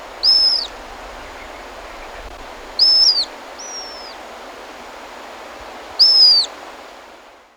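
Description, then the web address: Mouse-colored Thistletail uttering three loud, piercing downward-sliding notes about three seconds apart, with one quieter slurred note between, over low steady hiss that fades at the end. Ecuador. "Birds of Ecuador 2. Mouse-Colored Thistletail"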